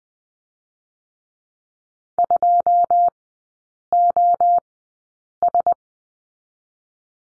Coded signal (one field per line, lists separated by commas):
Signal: Morse code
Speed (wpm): 19 wpm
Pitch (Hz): 700 Hz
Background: none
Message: 2 O S